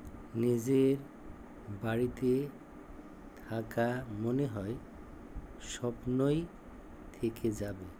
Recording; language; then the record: elicited speech; Bengali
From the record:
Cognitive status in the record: dementia